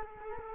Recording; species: mosquito wingbeat signal from an infrared sensor; Culex quinquefasciatus